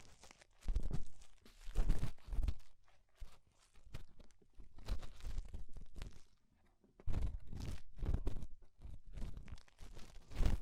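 Ear cleaning with rhinestone and clay removal: crunchy, crinkly scraping and tearing bursts come in clusters, with short quiet gaps near 3 seconds and again around 6.5 seconds. The sounds are dense and textured, mixing low thumps with bright crackle, and return steadily to the end.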